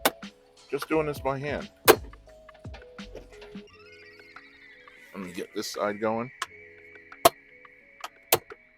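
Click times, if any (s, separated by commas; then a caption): 7.3 s, 8.3 s. The plastic dashboard trim panel of a Tesla Model 3/Y is worked free by hand on its second side during a Hansshow F68 CarPlay dashboard touch screen install, with someone talking over background music. Two sharp pops ring out at 7.3 s and 8.3 s as the trim clips release. They sound like breaking, but the clips are not broken.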